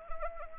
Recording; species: mosquito wingbeat signal from an infrared sensor; Anopheles arabiensis